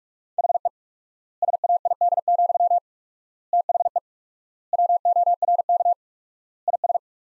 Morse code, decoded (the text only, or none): HE SAID, THE WORK IS